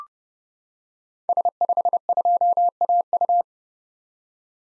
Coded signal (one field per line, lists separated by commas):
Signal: Morse code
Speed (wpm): 30 wpm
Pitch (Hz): 700 Hz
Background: none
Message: S52AU